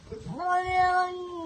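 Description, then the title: Cat giving a drawn-out angry meow that starts with a short rising wail, then holds a steady, strongly harmonic tone before fading slightly. Cat described as angry. "Gatto arrabbiato"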